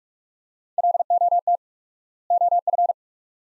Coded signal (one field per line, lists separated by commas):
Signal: Morse code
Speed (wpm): 46 wpm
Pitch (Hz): 700 Hz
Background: none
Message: LOT OF